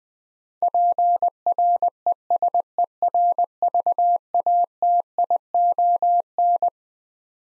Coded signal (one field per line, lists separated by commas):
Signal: Morse code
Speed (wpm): 20 wpm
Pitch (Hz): 700 Hz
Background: none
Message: PRESERVATION